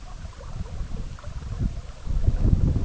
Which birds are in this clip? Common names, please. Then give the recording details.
none. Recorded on Arctic tundra, site EABA-MC, on 17 June 2019. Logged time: 04:00